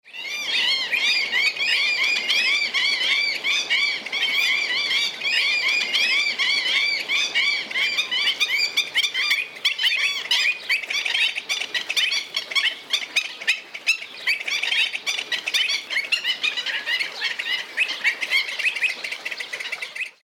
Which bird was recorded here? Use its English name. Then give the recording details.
Black-winged Stilt. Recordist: Tembrock, Günter. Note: Rufe im Flug